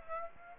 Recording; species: mosquito wingbeat signal from an infrared sensor; Aedes aegypti